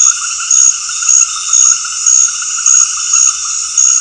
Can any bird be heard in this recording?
no